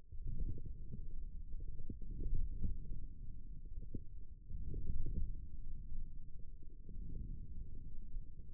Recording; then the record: forearm muscle sounds (acoustic myography)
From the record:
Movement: forearm supination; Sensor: system 1, eight BSWA MPA416 microphones around the upper forearm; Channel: 1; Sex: male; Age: 28 years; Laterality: right